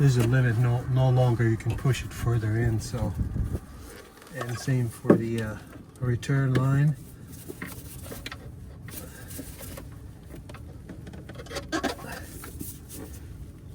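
On a 2015 BMW F10 during a charcoal canister replacement, someone talks while handling the plastic quick-connect fitting of the return line at the canister's male port. After the talking stops, only a few faint, short sounds are heard over low background noise. Nothing has seated or clicked yet.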